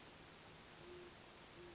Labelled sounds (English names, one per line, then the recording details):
Great Horned Owl
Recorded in Sonoma County, California